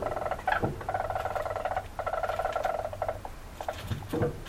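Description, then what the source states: Weasel trill, fast buzzy pulsing in bursts of about a second, with a low steady hum beneath. Male.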